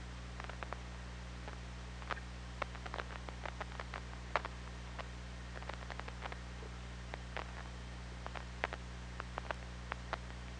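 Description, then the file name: Killer whale clicks in loose, irregular runs, dozens of brief sharp ticks across ten seconds, with constant low hum and background hiss underneath. OrcaLab hydrophone recording made 24 August 2017 at 23:57:20, just before midnight. "Orca Lab UTLN JASON 20170824 235720"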